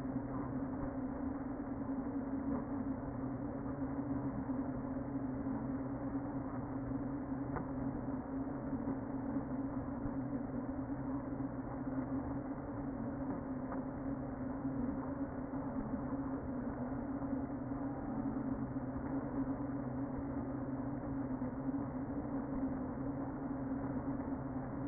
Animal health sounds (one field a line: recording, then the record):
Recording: honeybee colony, microphone inside the hive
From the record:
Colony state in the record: queen present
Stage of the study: before two queens were removed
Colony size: about 60,000 bees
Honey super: yes